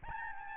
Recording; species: mosquito wingbeat signal from an infrared sensor; Aedes albopictus